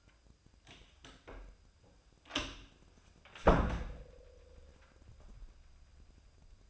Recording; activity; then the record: daily activity, microphone in the room; close door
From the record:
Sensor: 2